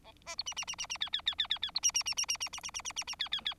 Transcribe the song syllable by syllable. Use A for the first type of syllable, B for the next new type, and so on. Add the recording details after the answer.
A B C D D D D D E E E E E E C D D D D D D D D D D D D E E E. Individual Bird4